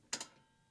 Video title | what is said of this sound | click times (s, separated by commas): Quadra-Fire® Step Top Wood Stoves: Maintenance Video | pull the door handle forward when you hear a click | 0.1 s